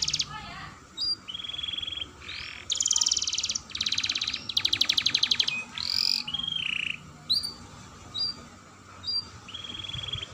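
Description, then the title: Atlantic canary song of clear whistled notes mixed with fast buzzy trills and short rolling phrases, loud bursts separated by brief pauses. Singing actively (gacor) with a long rolling song phrase ('roll panjang'). "Kenari Gacor Dor Roll Panjang"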